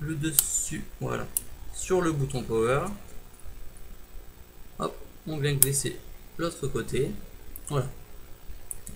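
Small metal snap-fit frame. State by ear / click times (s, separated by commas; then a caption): seated / 8.7 s, 8.9 s. Someone talks while fitting the two halves of a silver aluminium bumper around an iPhone 5/5s, lifting one part slightly and passing it over the other. Two sharp clicks at 8.7 s and 8.9 s mark the metal halves snapping together, and the bumper is seated on the phone.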